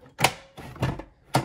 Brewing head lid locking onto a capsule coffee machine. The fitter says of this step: you're ready close it lock